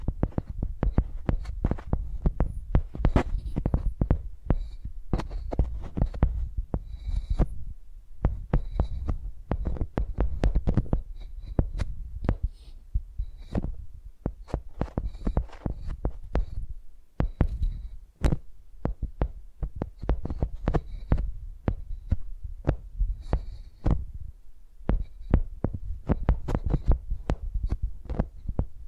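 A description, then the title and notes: Microphones tapped and dragged like pencils make dense, irregular thumps and clicks over a steady low rumble, with a brief lull around eighteen seconds. ASMR Using Mics as Pencils (No Talking).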